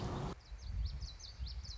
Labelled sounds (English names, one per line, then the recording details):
Common Yellowthroat
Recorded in Sonoma County, California